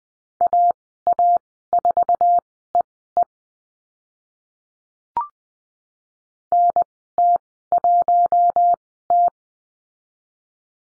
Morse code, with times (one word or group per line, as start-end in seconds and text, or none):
0.4-3.2 AA4EE
6.5-9.3 NT1T